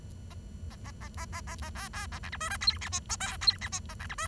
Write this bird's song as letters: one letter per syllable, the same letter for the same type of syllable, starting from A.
A A A A A A A A B B A C D E F G H I J K G H I A C D E